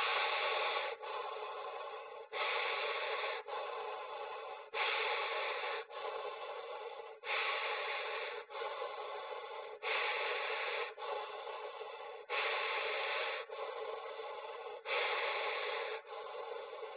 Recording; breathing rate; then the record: paced breathing near a phone; 24 breaths a minute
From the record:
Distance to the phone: 20 cm